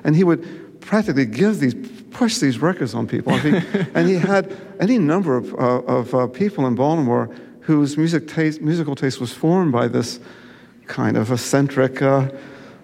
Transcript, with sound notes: and he would practicably give these -- push these records on people...
(LAUGHTER)
.... and he had any number of people in Baltimore whose music -- whose musical taste was formed by this kind of eccentric